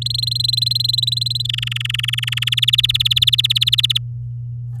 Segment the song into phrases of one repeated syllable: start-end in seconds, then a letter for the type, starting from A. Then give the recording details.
0.02-1.47 A, 1.49-2.49 B, 2.52-3.98 C. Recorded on 11 May 2018 at 08:30. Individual llb16